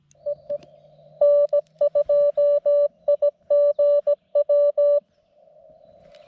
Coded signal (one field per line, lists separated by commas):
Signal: Morse code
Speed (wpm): 20 wpm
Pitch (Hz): 580 Hz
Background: music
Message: EE N2IGW